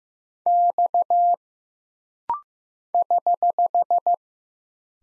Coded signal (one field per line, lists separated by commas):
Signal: Morse code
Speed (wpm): 15 wpm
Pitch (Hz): 700 Hz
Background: none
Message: X <HH>